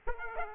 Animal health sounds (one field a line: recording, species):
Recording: mosquito wingbeat signal from an infrared sensor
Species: Aedes aegypti